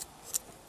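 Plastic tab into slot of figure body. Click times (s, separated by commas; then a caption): 0.4 s. A plastic tab on a Transformers Generations Minicon Assault Team / Centuritron transforming figure is pushed into its slot in the figure body. After a faint tick at the start, a sharp, bright plastic click sounds at 0.4 s. The tab seats and locks the assembly into place.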